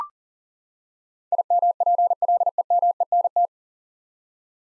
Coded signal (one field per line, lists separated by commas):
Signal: Morse code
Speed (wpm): 37 wpm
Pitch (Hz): 700 Hz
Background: none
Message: IMPLEMENT